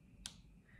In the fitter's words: so you can actually make sure that it's fully closed with that little click